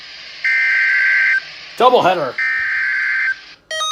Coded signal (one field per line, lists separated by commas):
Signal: Emergency Alert System (SAME) tones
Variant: header bursts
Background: speech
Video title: (DOUBLE HEADER) Severe Thunderstorm Warning and Severe Weather Statement (EAS #108-109)